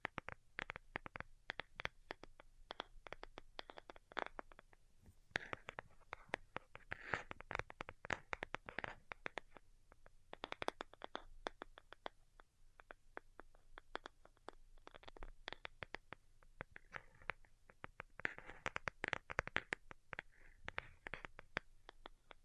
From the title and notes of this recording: ASMR DELICATE Tapping for Sleep (No Talking).